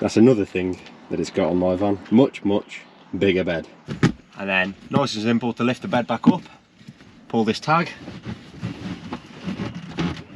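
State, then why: Not seated. Someone talks while the folding bed frame of a VW T5 campervan is handled: a release tag is pulled and the bed is lifted back up and moved into position above its seat base. Two short knocks are heard near 9.1 s and 10.0 s, but the bed has not yet been pushed in from the base, so nothing has latched or clicked into place yet.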